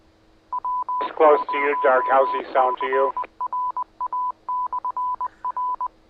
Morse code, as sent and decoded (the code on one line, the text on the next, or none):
.-- ----- -.-. .-. .- -..-. .-.
W0CRA/R